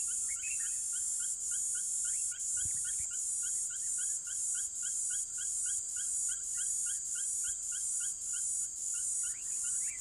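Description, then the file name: P. divisa giving a continuous high-pitched buzz broken into pulses. Near Harrismith. "P divisa nr Harrismith"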